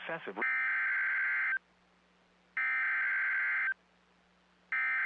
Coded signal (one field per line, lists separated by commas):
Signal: Emergency Alert System (SAME) tones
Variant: header bursts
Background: speech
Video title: NOAA Weather Radio - Severe Thunderstorm Warning [EAS #203] (6/22/22)